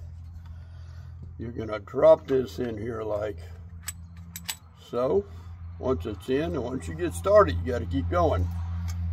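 Someone talks while dropping a CO2 cartridge into the magazine of a Sig Sauer 226 blowback air pistol, with a few short metallic handling taps between phrases and a steady low hum underneath. The piercing lever has not been pressed shut, so nothing has seated or clicked yet.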